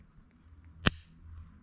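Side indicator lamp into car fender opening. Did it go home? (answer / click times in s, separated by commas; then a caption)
yes / 0.9 s. A side indicator lamp from an Opel Corsa D is pushed by its square tab into its opening in the car's fender. Against a quiet, low background hum, a single sharp, loud click rings out at 0.9 s. The indicator housing is seated.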